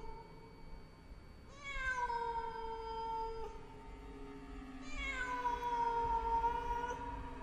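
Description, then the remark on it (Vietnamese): A black cat on a window sill at night lets out two long, mournful yowls separated by a short pause, each cry starting high and sliding slowly downward in pitch. No one speaks. “Có con mèo đen từ đâu nhảy đến ngay bên bậu cửa sổ, kêu lên mấy tiếng thảm thiết.”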